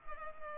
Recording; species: mosquito wingbeat signal from an infrared sensor; Culex pipiens